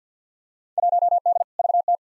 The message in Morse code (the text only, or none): 1D VT